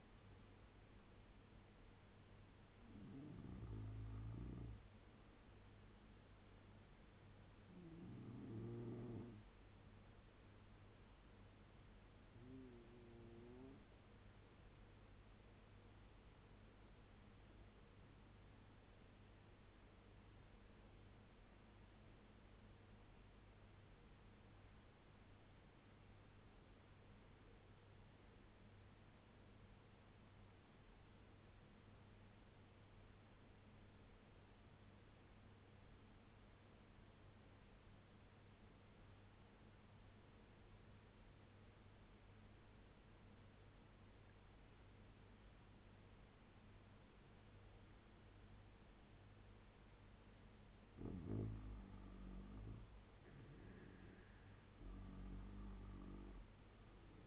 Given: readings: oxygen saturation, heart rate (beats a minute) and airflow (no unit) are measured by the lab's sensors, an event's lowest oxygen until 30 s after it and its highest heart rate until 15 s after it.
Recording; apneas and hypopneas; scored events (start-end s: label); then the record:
breathing in sleep by a voice recorder at the bedside; 1
16.00-50.30 s: obstructive apnea (N2, oxygen 96% highest, then 83% lowest, heart rate 72 at the start, 75 highest)
From the record:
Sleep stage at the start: N2 (light sleep); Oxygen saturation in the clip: 83 to 96%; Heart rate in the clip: 64 to 75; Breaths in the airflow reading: 5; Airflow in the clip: -8.4 to 7.5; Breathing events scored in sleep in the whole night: 201 in 6.5 hours asleep